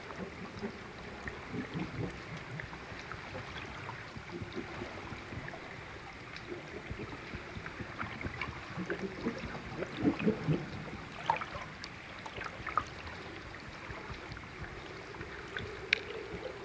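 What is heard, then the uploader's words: Underwater recording with grey seals swimming around a small boat's hull. A steady murky wash of low rumble and fizzing fills the clip, broken by short clicks, knocks and brief squeaky calls, thickest around ten to eleven seconds and again near sixteen. Underwater with grey seals in the Outer Hebrides. We're on a boat in the Outer Hebrides at anchor near a small island. An underwater microphone captures grey seals swimming around the hull of the small boat while a full moon hangs in the still night. Recorded by musician David de la Haye.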